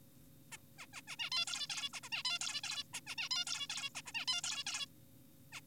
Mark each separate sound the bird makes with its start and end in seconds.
0.52-0.57, 0.78-0.86, 0.94-1.02, 1.08-1.16, 1.19-1.30, 1.32-1.45, 1.47-1.68, 1.70-1.89, 1.94-2.00, 2.04-2.09, 2.12-2.23, 2.25-2.39, 2.41-2.61, 2.64-2.84, 2.94-3.01, 3.07-3.15, 3.18-3.29, 3.31-3.45, 3.47-3.67, 3.70-3.90, 3.95-4.02, 4.06-4.12, 4.15-4.25, 4.28-4.42, 4.44-4.64, 4.67-4.86, 5.52-5.61